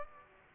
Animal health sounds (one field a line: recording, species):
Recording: mosquito wingbeat signal from an infrared sensor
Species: Aedes aegypti